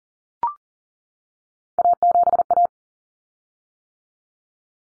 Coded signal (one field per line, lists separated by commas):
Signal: Morse code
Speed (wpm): 40 wpm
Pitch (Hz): 700 Hz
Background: none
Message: A7A